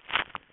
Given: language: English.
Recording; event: throat vibration sensor signal played as sound; swallow